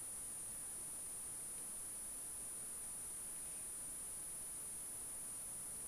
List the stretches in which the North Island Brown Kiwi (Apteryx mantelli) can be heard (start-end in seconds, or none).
none